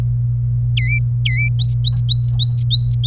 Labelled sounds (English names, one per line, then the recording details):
Domestic Canary song
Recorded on 27 April 2018 at 09:43
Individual llb3